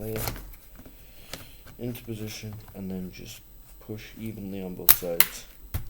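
A laptop battery is laid into the battery bay of a Lenovo ThinkPad T450s and pushed evenly on both sides while someone talks. A few short handling taps and knocks are heard, with a couple of sharper ones near the end. Nothing has seated or clicked yet when the clip ends.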